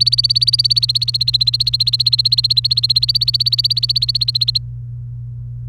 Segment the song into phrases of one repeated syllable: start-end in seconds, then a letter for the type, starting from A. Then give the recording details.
0.00-4.58 A. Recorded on 28 April 2018 at 09:02. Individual llb3